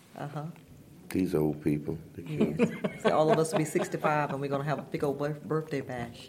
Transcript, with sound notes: Uh-huh.
These old people… (laughter)
See, all of us will be sixty-five, and we’re gonna have a big ol’ birthday bash.